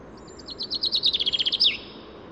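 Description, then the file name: Common chaffinch song, brief and crisp: evenly spaced high notes rolling into a rapid downward trill and a sharp closing flourish. "Fringilla coelebs"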